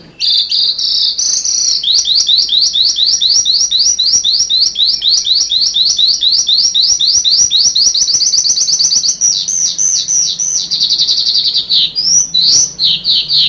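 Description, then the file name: Sanma bird song: a long rapid run of high, evenly spaced chirps, about four per second, speeding into a dense trill before shifting to looser sweeping notes. "suara burung sanma"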